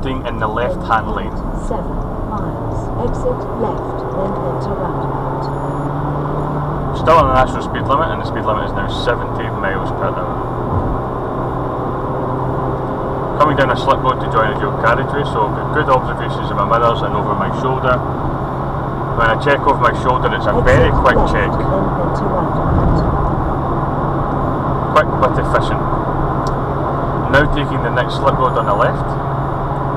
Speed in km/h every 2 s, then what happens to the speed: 52, 69, 82, 85, 90, 93, 98, 101, 101, 101, 103, 101, 103, 101, 101.
0-13 speeds up to 101. 13-30 steady at about 101.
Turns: none.